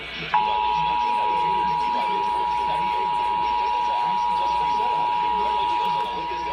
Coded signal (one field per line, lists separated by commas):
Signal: Emergency Alert System (SAME) tones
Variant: 853 and 960 Hz attention tone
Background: speech